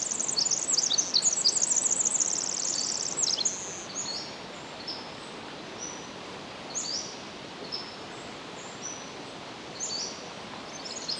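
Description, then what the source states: Pacific wren singing a loud, quick tumble of very high tinkling notes for about three seconds, followed by sparse, short high whistled notes over quiet hiss. Recorded 10 July 2011 at 06:35.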